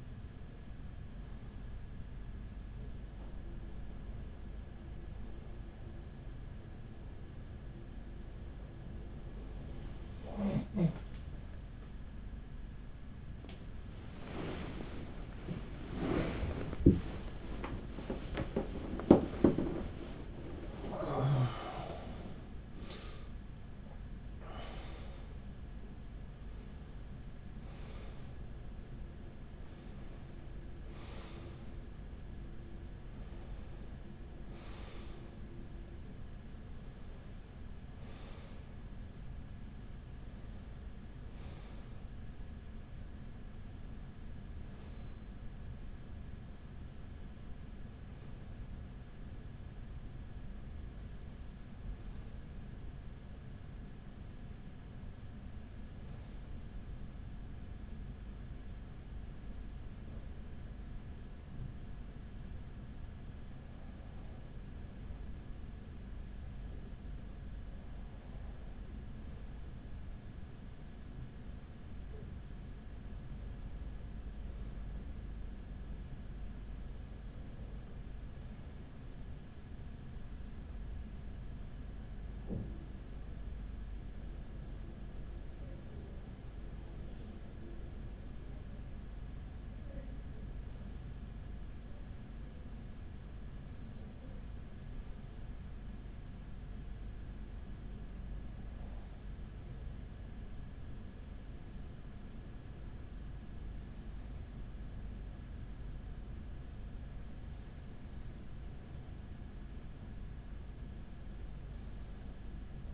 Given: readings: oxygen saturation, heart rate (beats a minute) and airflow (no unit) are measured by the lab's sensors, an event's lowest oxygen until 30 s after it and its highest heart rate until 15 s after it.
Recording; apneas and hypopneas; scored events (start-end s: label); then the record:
a person awake in a sleep study, by a smartphone at the bedside; 1
1.00-61.00 s: new sleep stage, awake
12.00-61.00 s: awake
34.00-106.50 s: hypopnea (scored as awake, oxygen 97% highest, then 94% lowest)
61.00-112.94 s: new sleep stage, N1 (lightest sleep)
From the record:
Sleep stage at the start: N1 (lightest sleep); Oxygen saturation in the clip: 95 to 97%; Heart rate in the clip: 39 to 78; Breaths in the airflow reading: 25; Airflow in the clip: -8.1 to 12.7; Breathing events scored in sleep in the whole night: 207 in 7.6 hours asleep